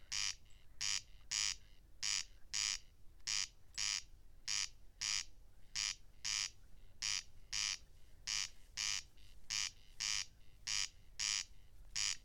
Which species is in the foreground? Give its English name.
Corn Crake